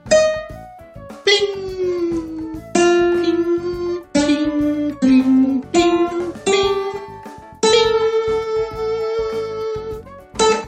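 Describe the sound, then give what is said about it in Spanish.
A cat that had been stretching on a doorway threshold gives a run of about eight drawn-out, mid-pitched meows one after another, some sliding slightly in pitch, each fairly loud and separated by brief pauses. “El gato, que se desperezaba en el umbral, se le acercó entre sus piernas y ronroneando mimoso dijo”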